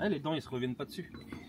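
Someone talks while a plastic hose quick-connect coupling is handled at a tap connector after trouble with the coupling's teeth not catching. Nothing has seated or clicked yet.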